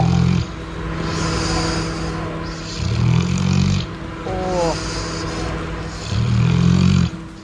Jeez, that's a deep snore too. There's a real strength and intensity. Every time he's asleep, he will crack that snore. Once he's asleep, he is out cold and will snore for the whole night.